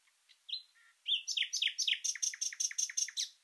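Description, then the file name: Common nightingale song phrase: a whistled note and a low buzz, then a rapid series of repeated chirps. "Luscinia megarhynchos"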